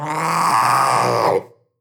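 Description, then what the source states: Young panther crying: one drawn-out, harmonic, groaning wail lasting over a second, holding steady and then fading abruptly into silence. Young animal, crying.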